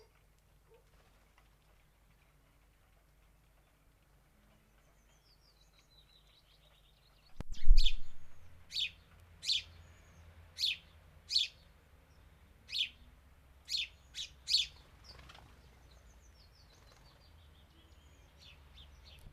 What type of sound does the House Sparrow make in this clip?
call